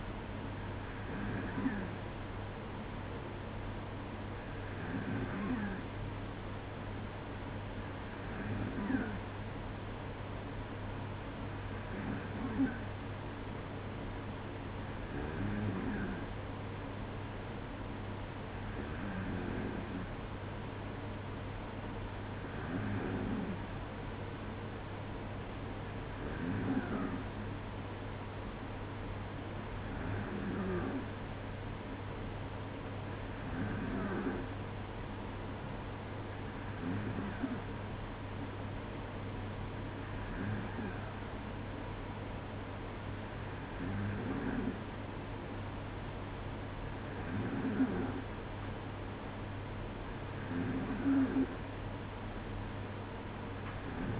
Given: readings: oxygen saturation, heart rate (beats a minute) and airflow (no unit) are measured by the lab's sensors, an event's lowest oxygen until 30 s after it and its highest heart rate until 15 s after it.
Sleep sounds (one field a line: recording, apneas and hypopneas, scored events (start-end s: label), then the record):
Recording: breathing in sleep by a voice recorder at the bedside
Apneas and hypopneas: none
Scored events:
none scored
From the record:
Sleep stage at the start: N2 (light sleep)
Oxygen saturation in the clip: 94%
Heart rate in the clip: 55 to 58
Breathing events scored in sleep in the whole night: 305 in 9.6 hours asleep